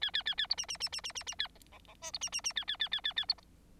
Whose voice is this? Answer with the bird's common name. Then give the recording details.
Bengalese Finch. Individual Bird9